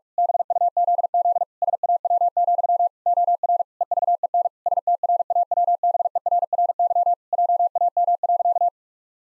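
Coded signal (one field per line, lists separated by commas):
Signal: Morse code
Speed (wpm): 46 wpm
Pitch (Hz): 700 Hz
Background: none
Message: BUZZ SAW, OR EVEN STRAWBERRY JAM.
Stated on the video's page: Morse practice at 45 wpm, pangrams for head-copy, each sent in Morse, spoken, then sent again.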